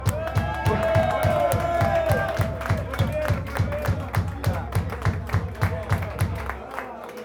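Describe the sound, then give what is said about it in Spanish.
A crowd claps in a steady, quick unison rhythm for a birthday while voices cheer and whoop over it, the clapping continuing loudly for several seconds before thinning out at the end. “¡Un aplauso!”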